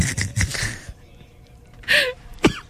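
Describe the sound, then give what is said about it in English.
A quick run of harsh, raspy coughs, then a pause, a wheezy breathy burst and one final sharp cough. No speech. “Sorry, I keep coughing here.”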